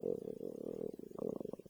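Low rumbling gurgle with rapid bubbling pulses from an adult's abdomen: ordinary stomach growling (borborygmi), a tummy grumble.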